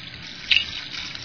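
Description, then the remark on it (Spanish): A rain stick cascades with a steady, soft rushing patter like falling water, its hiss swelling briefly partway through before settling back to an even trickle. No voices. “Esta es una cascada o palo de lluvia también.”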